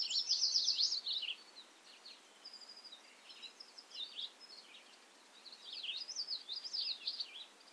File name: A bobolink talks to you from Ferme Beauchamp